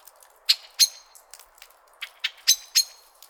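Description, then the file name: Common blackbird sharp chinking calls, irregular clicks in two clusters, the louder ones metallic and ringing, against a quiet hissy background. "Turdus merula"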